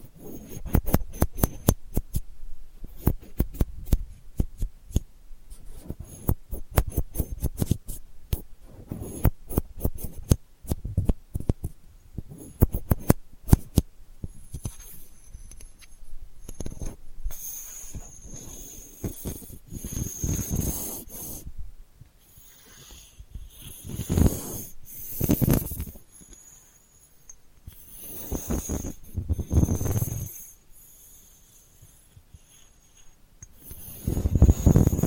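Delicate scratching comes in quick, dense bursts of dry clicks early on, then slows into longer rasping strokes with quiet pauses between.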